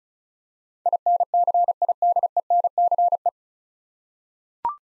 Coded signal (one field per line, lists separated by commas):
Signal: Morse code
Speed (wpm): 34 wpm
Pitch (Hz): 700 Hz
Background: none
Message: INCIDENCE